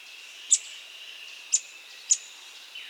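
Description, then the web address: Montane foliage-gleaner uttering four sharp, high, clipped notes about every half second to second over a faint steady hiss. Andes, South America. "Natures Songs S America Andean Birds. Montane Foliage-Gleaner (Anabacerthia Striaticollis)"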